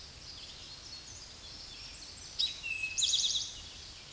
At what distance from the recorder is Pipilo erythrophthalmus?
about 15 m